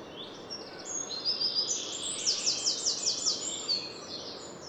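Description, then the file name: Eurasian wren song, high sharp notes building into a fast rattling trill of sharp strokes, with steady background noise. "Troglodytes troglodytes"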